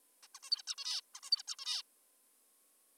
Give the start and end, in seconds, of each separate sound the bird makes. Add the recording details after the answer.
0.23-0.27, 0.35-0.39, 0.43-0.50, 0.51-0.62, 0.67-0.75, 0.78-1.01, 1.15-1.20, 1.23-1.31, 1.32-1.43, 1.47-1.56, 1.59-1.82. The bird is an adult. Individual g19o3U